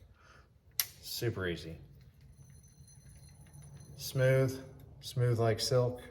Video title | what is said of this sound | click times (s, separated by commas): All about the Plusinno Eagle Telescopic Travel Rod! (Initial Impressions) | And then if you want to unlock it, you just push this button and then it goes back up. | 0.8 s